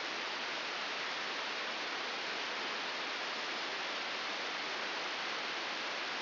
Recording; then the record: brain microelectrode recording played as sound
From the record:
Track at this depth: outside the subthalamic nucleus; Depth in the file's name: -1.509 mm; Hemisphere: right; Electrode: 3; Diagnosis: Parkinson's disease